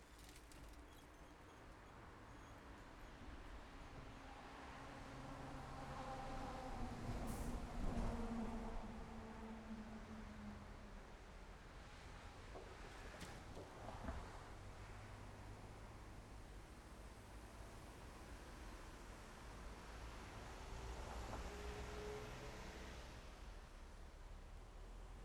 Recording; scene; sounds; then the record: everyday scene through a hearing-aid microphone; in traffic; traffic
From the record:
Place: main road on the outskirts, rush hour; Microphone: behind the ear, left, rear